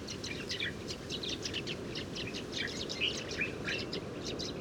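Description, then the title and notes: Sudan golden sparrow chirps, soft twittering over a steady low rumble of background noise. Passer luteus, Mauritania, Tagant, Oued Enoicre oasis, 7 March 2019, morning; family flocks that gather at an evening roost; very common in oases; Mixpre 3 recorder. "Moineau doré ou Moineau jaune - Mauritanie. 7 mars 2019-Oued Enoicre - Tagant - Mauritanie"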